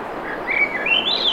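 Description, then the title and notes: Swainson's thrush song, a quick run of breezy, flute-like notes climbing steadily higher to a thin finish, with surf noise beneath. Singing at 7:15 pm, June 7, 2017, low 50s, clear skies, Schoodic Peninsula, Acadia National Park, Winter Harbor, Maine; Fostex FR2, Sennheiser ME 66 shotgun; high-pass filtered for surf noise. "Swainson's Thrush singing Wednesday June 7, 2017 7:15 pm temperature low 50s clear skies between the tides Sun Dew Trail where it intersects with trail to Ocean Beach Schoodic Pennisula Acadia National Park Winter Harbor, ME"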